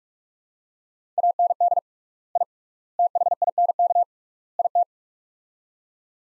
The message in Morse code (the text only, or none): AND I THINK IT